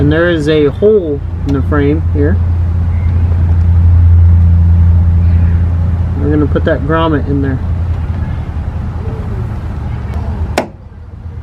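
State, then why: Seated. Someone talks over a steady low hum while a plastic splash-guard grommet is pushed into a hole in the frame of a 2018 Honda Odyssey van. At 10.6 s a single sharp, loud snap marks the grommet seating in the frame hole, and the hum drops away right after.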